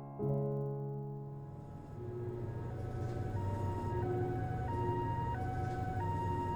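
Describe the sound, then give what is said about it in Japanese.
An ambulance siren wails in a steady two-tone pattern, alternating high and low pitches, loud and continuous over a low rumble of traffic, with no voices. “あ、救急車。なんかあったのかな。”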